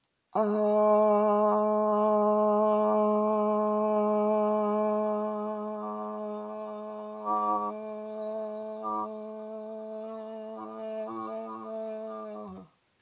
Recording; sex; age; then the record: vowel held as long as possible; female; 50 to 59 years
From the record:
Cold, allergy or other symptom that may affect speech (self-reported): no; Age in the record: 51 years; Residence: Virginia, United States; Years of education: 16